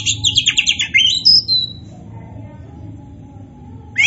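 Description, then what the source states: Oriental magpie-robin song: a fast chattering series of repeated high notes, then two clear whistles and a later rising note, with low background hum. Kacer poci (Indonesian name), described as gacor, singing actively.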